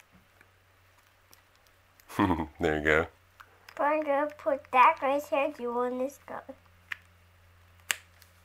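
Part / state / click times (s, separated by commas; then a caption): plastic building toy piece into a mating connector piece / seated / 7.9 s. Plastic Construx building toy pieces are pressed together, and a plastic toy piece snaps into its mating connector piece. Someone talks over a low background hum, then a sharp click is heard at 7.9 s as the pieces lock into place.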